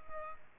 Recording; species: mosquito wingbeat signal from an infrared sensor; Culex pipiens